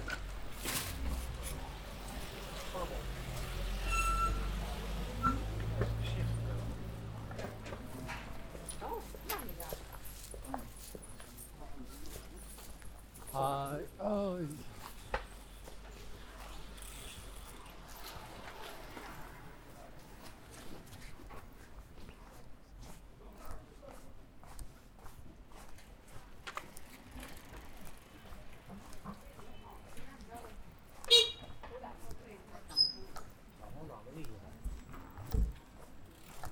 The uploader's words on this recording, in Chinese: 去香饵胡同吃小面｜城市声音。下午。